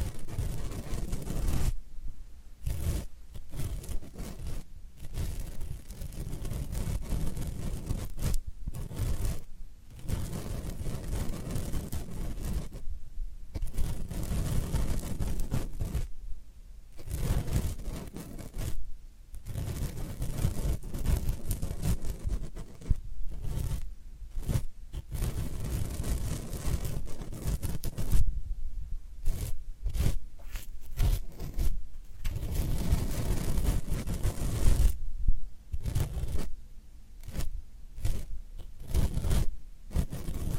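Floral foam being crumbled and scraped in a run of dense, crackling bursts, heavy in the low end with a gritty hiss on top. The scraping goes on almost without pause, broken by brief silent gaps every few seconds, near 2, 10, 16, 19, 29 and 35 seconds.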